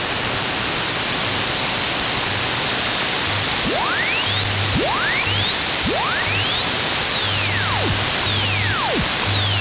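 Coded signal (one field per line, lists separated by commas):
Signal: radio time signal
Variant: WWV HamSCI test chirps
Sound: loud hiss with about six rising and falling whistle chirps, faint low hum pulses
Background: radio static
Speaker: you don't hear that much about it that you did see in here some of the test sweeps and there will be shifting tones and sweeps actually from wwv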